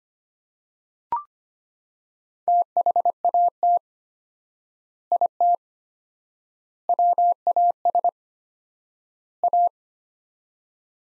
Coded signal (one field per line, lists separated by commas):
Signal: Morse code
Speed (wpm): 25 wpm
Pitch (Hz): 700 Hz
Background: none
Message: THAT IT WAS A